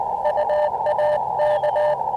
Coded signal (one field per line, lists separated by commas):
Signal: Morse code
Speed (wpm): 20 wpm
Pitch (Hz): 600 Hz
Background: none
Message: UAK